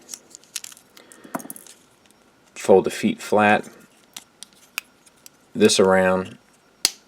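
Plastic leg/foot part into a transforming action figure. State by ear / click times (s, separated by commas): seated / 6.9 s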